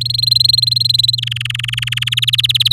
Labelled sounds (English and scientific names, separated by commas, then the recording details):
Domestic Canary (Serinus canaria) song
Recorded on 9 May 2018 at 09:54
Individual llb16